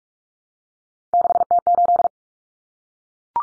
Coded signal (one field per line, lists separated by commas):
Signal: Morse code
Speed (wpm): 44 wpm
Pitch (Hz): 700 Hz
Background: none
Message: 6T8